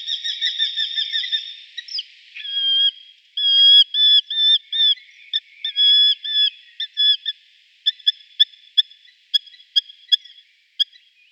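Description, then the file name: Eurasian hobby call notes: a drawn-out ringing phrase, then sharp clipped kew notes at an uneven pace, thinning out toward the end. "Baumfalke"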